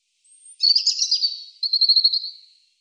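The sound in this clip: European robin song phrase: a thin high whistle, then a tumbling warble that ends in a fast, even, silvery trill.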